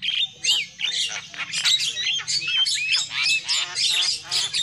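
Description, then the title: Lovebird calls, rapid shrill squawks and squeaky chirps overlapping in a steady, busy stream with a faint low hum beneath. Used as a lure call for trapping lovebirds. "PIKAT BURUNG LOVEBIRD"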